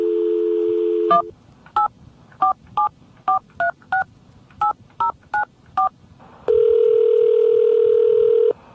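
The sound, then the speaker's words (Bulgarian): A steady dial tone gives way to a quick series of about eleven short, beeping dual-pitched keypad tones dialing a destination number in a MasterCall Communications telephone service demonstration, followed by another steady electronic tone. No voices are heard. “enter your destination number now.”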